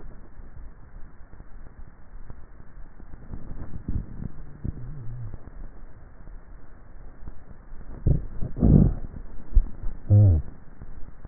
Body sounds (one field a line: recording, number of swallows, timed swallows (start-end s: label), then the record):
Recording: swallowing sounds by neck microphone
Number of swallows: 2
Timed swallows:
7.95-8.48 s: swallow
9.48-9.95 s: swallow
From the record:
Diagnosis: dysphagia